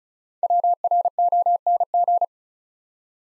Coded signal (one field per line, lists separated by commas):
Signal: Morse code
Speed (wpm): 36 wpm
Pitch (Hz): 700 Hz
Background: none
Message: WRONG